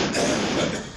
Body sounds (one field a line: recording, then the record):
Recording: coughing mixed with background sound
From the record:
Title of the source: Spring Cold Coughing 3